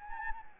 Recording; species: mosquito wingbeat signal from an infrared sensor; Anopheles gambiae